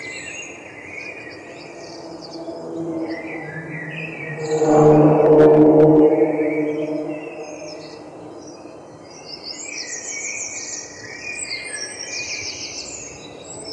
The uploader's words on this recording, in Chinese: 在繁华的伦敦市中心。迷人的鸟语黎明合唱。当阳光以粉红和金色轻柔地涂绘天空时，各种各样的羽毛生物借出声音，创造出一个迷人的旋律。伦敦黎明合唱。